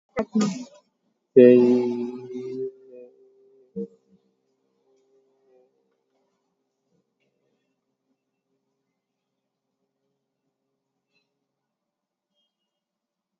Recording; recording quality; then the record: sustained vowel as in made; moderate, slight background noise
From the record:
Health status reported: COVID-19 positive, mild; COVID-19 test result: positive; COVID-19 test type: RT-PCR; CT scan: taken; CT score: 0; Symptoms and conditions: cough, cold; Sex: male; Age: 30 years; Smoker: no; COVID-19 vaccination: both doses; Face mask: worn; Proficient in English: yes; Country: India